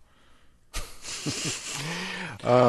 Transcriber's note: soundbite of laughter